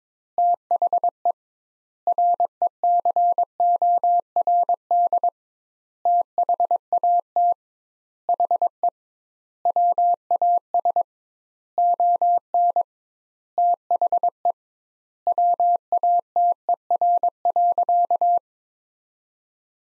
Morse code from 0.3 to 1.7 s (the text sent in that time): THE